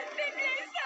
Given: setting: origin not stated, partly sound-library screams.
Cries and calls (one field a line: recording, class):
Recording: one-second piece from a danger detection set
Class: woman in danger